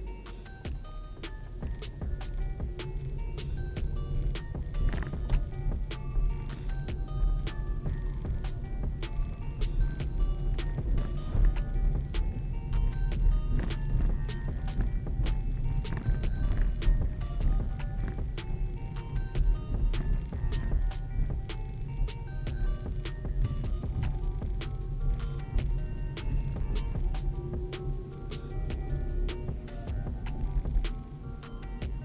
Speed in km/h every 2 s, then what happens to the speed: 4, 13, 18, 18, 23, 23, 22, 24, 21, 17, 13, 14, 16, 19, 23, 26.
0-8 speeds up to 23. 8-14 steady at about 23. 14-22 slows to 14. 22-32 speeds up to 26.